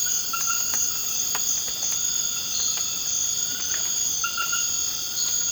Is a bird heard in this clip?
no